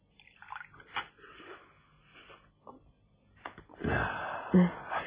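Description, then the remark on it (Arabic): Water is poured into a cup in a steady, splashing stream that swells near the end, after a few quiet clinks and small dripping sounds; a cup of water is given along with a single drop from a jar. “حاضر يا ستي، ادي كوباية مية وادي نقطة واحدة من الجرة.”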